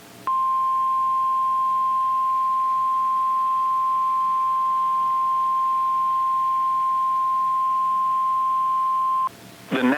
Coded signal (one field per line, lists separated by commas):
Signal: Emergency Alert System (SAME) tones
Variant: 1050 Hz attention tone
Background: speech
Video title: Morning SMW | 5/17/2025 (EAS #1,318)